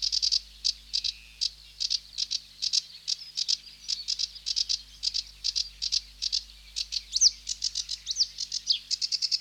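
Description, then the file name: Sedge warbler song: long run of scratchy, buzzy chirps, varied in pace, with a few sharp whistled slurs near the end. "Sedge Warbler (Acrocephalus schoenobaenus)"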